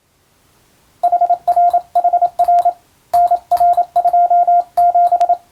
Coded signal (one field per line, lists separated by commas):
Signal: Morse code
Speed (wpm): 27 wpm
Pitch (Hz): 700 Hz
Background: none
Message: HRHR NR27